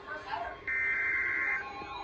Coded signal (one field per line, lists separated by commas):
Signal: Emergency Alert System (SAME) tones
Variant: header bursts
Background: speech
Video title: SEABREEZE INSANITY 4: SEABREEZE MAYHEM - EAS Alerts From 7/21/24 - 7/24/24 (EAS #2122-2150)